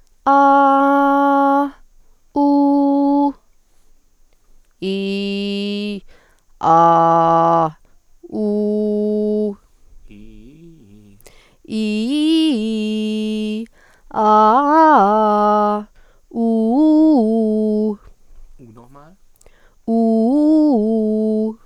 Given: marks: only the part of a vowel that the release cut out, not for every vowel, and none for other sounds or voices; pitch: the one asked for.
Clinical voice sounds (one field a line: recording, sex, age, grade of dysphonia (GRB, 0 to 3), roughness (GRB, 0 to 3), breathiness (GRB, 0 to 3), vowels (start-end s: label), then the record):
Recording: sustained vowels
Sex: female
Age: 30 to 39 years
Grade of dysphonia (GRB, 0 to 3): 0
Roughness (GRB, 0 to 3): 0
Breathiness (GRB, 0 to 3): 0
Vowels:
0.36-1.54 s: vowel /a/, high pitch
2.45-3.21 s: vowel /u/, high pitch
4.90-5.86 s: vowel /i/, low pitch
6.77-7.58 s: vowel /a/, low pitch
8.53-9.42 s: vowel /u/, low pitch
11.80-13.48 s: vowel /i/, low-high-low pitch
14.29-15.66 s: vowel /a/, low-high-low pitch
19.98-21.40 s: vowel /u/, low-high-low pitch
From the record:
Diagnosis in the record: healthy voice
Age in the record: 38 years